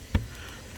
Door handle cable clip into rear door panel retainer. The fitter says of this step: have to kind of insert it like so sick click right in there look